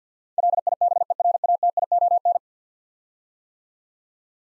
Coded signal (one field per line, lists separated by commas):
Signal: Morse code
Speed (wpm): 50 wpm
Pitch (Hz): 700 Hz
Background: none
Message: LIBERATION